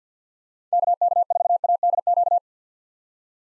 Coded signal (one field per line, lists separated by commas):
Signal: Morse code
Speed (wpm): 50 wpm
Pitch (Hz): 700 Hz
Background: none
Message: KK4ADQ